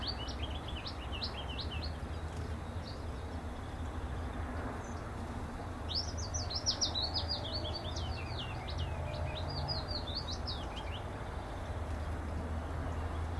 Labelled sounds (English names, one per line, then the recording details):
Willow Warbler song
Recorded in captivity
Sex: pair
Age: adult
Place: Volierenanlage, Zoologisches Institut Universität Tübingen, Baden-Württemberg, DE
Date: 1967-04-22
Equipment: Nagra III PH, MD 421, LGS26
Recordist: Schneider, Hans-Joachim